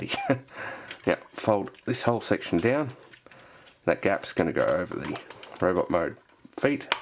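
Someone talks while handling a FansToys FT-04 Scoria transforming toy, folding a whole plastic section down so its gap goes over the robot-mode feet, with faint handling noises between the words. Nothing has seated or clicked yet; the section has not clipped in at the top.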